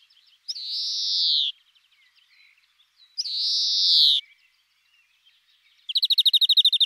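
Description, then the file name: European greenfinch giving two long nasal wheezes, each about a second, followed by a rapid trill at the end. "Verdier-d Europe"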